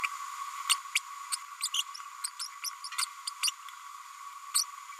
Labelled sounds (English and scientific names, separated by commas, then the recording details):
Green-rumped Parrotlet (Forpus passerinus) babbling
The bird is a female
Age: 32 days
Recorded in a nest box in Venezuela
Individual 17B102A5